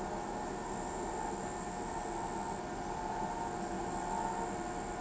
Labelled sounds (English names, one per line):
none